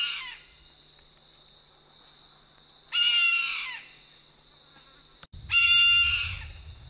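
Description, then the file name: Red-throated caracara calls: harsh, raucous cries with a falling tail, one fading at the start and two more a few seconds apart, over a constant high-pitched hum and a brief low rumble. "Canto do gaviao de anta"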